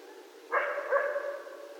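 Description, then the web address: Coyote giving a short, wavering howl-like call that starts abruptly and fades, against quiet background hiss. Several coyotes recorded on 13 November 2012. "Coyote 2012 11 13 Coyotes"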